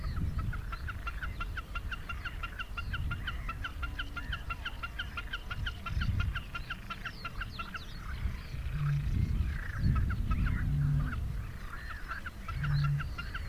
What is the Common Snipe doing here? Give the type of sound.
song